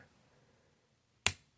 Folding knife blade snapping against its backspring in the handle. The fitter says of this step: Now it's got some nice snapping to it. Listen to the um talk.